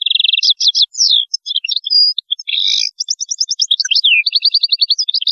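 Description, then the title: European goldfinch song, a continuous rapid jumble of liquid twittering notes, trills and buzzy chatters, high-pitched and varied, with no other sounds. "Chant Chardonneret"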